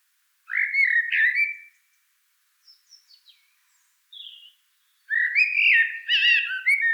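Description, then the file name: Common blackbird song: a rich whistled phrase, then soft high twittering notes and a brief squeaky note, followed by a longer fluting, warbled phrase. "Turdus merula"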